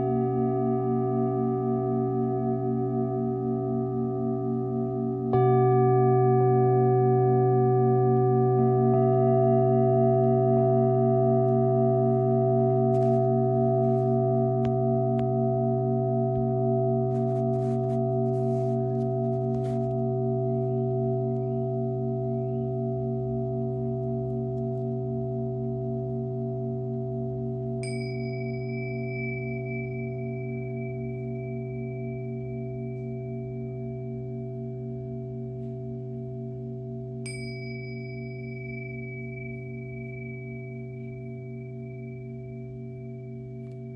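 A singing bowl hums with a deep, steady drone and layered ringing overtones, struck again around five seconds for a slightly louder swell. Two bright, high chimes ring out near 28 and 37 seconds, while the whole sound slowly fades through the end.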